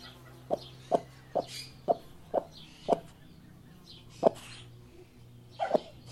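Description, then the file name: Chicken: hen clucking: short, low, clipped clucks about twice a second at first, then more widely spaced, with a faint hum in the background. Mother hen calling her chicks with a "tuc tuc tuc" call. "tieng ga me goi con tuc tuc tuc"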